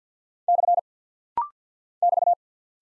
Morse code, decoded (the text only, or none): / <BT>